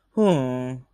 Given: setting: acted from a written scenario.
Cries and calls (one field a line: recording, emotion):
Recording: vocal sound without words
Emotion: sympathy